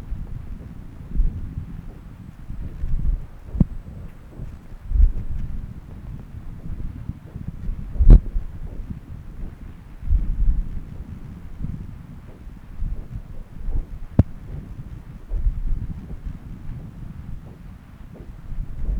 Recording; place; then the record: Doppler ultrasound of blood flow; right subclavian vein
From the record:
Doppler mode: continuous wave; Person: adult scuba diver, at rest before a dive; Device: O'Dive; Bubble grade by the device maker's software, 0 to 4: 0